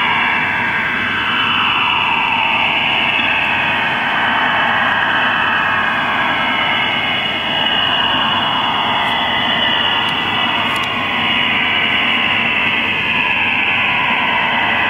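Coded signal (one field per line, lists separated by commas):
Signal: HF data modem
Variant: STANAG 4285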